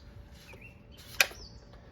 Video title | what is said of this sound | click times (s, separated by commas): Sutro Smart Pool Monitor Review | There's the click, which means it's waterproof and ready to go. | 1.2 s